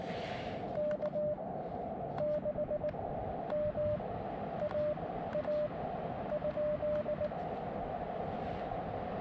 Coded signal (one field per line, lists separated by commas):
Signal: Morse code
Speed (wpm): 19 wpm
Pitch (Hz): 600 Hz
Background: radio noise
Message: K6MAA ?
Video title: Gorge-ous SOTA | Windy Dog Day | Columbia River Gorge | Summits on the Air | Morse Code